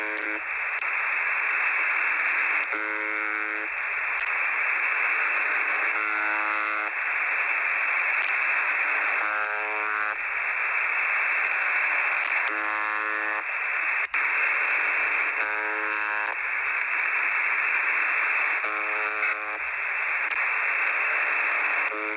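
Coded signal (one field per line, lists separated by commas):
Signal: unidentified radio signal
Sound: continuous shortwave hiss with a harsh buzz returning about every three seconds, six times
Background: radio static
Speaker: you can see in my video here some of the frequencies I start my video with the actual catch on my xh data d808 and then for a change I'm showing some catches on the web SDR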